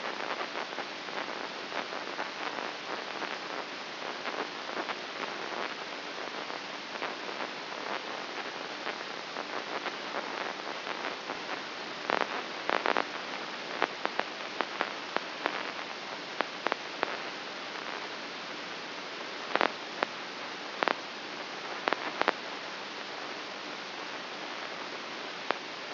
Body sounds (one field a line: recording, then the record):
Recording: brain microelectrode recording played as sound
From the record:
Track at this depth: inside the subthalamic nucleus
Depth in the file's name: 3.04 mm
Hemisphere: right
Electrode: 2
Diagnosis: Parkinson's disease